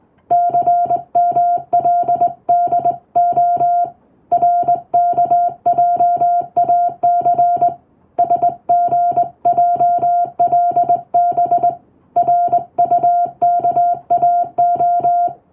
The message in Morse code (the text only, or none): CMLDO RKJAC SGJLB RUKAO